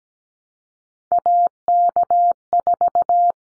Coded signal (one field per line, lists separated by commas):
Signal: Morse code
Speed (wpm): 17 wpm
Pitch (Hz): 700 Hz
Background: none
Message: AK4